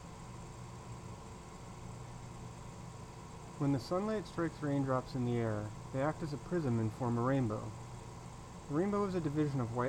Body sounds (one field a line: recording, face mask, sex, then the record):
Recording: reading aloud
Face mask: surgical mask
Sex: male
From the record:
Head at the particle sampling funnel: turned sideways, cheek in front of it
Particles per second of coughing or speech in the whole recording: 0.365